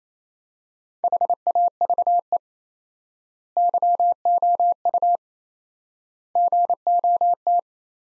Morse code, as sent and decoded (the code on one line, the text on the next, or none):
.... .- ...- . / -.-- --- ..- / --. --- -
HAVE YOU GOT